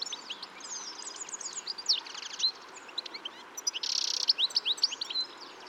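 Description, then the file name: European goldfinch twittering song, rapid tinkling notes and buzzy trills mixed together, with a brief harsh burst near the four-second mark over steady background hiss. "Carduelis carduelis"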